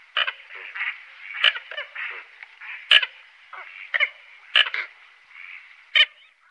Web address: Faglar Sound Kamsothona